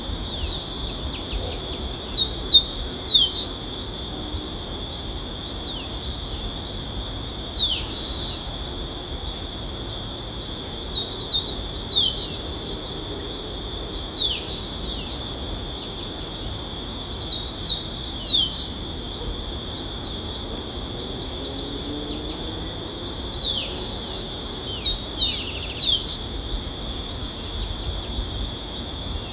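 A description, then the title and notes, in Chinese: An afternoon in a botanical garden: a steady, high insect drone hangs over the whole scene without a break. A bird repeats a short, quick run of bright chirps about every four seconds, over a soft low hum of background noise. 植物园下午的美好时光_哥伦比亚卡尔达斯大学。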